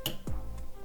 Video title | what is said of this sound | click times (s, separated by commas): How to Build a PC (Step-by-Step Guide) | A click like that, and you know you've plugged it in. | 0.1 s